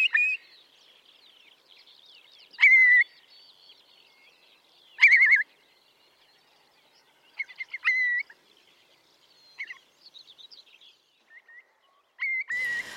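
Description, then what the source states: Curlew giving short, clear whistled notes, spaced a few seconds apart. Trilling, rising, bubbling song, sung particularly in the mating season as the birds rise into the air; like tumbling notes down from the clouds.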